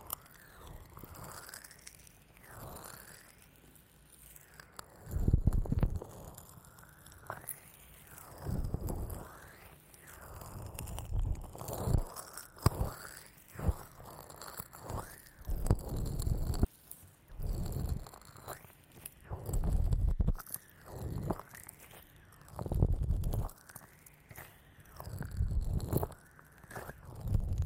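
Lotion ear massage: wet, squishy rubbing in repeated swelling strokes every two or three seconds, with crackly, sticky bursts and quieter gliding between.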